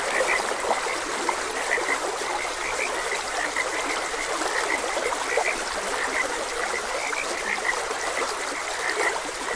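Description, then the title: Frogs calling together in a thick, even chorus of brief repeated notes, with steady running-water noise filling the background. Frogs croaking beside a gentle stream. "Gentle Stream and Frogs Croaking"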